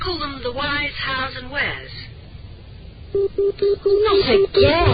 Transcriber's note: sound of pips